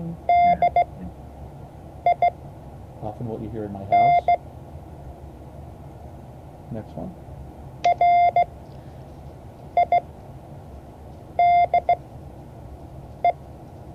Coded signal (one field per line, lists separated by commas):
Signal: Morse code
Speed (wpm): 16 wpm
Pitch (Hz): 700 Hz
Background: speech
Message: DIN RIDE